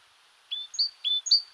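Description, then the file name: Great tit song: after a short silence, clear two-note whistled phrases repeat quickly and evenly. "Parus major"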